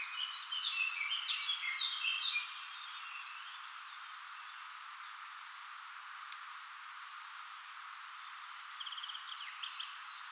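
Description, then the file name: Common chaffinch song: a quick cascading phrase in the first two seconds, then near quiet, with a short trill near the end. "Fringilla coelebs"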